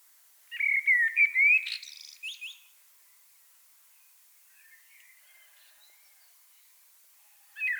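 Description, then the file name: Common blackbird singing a single fluty whistled phrase that ends in a squeaky twitter, followed by soft scattered notes and the start of another phrase. "Turdus merula"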